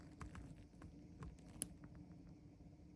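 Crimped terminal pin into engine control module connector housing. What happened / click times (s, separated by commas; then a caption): The terminal pin locked into the connector / 1.6 s. A crimped metal terminal pin is pushed into its cavity in a plastic PCM/TCM engine control module connector housing on a 2012–2018 Ford Focus. Faint taps and handling noises lead up to one sharp, bright click at 1.6 s as the pin locks in. The pin is seated and stays put when tugged.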